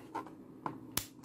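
A smartphone camera lens cover, after cleaning, is pushed back into the phone's plastic rear housing and seats with two sharp snap-like clicks at 0.7 s and 1.0 s. Softer taps are heard around them, and the cover fits exactly in place.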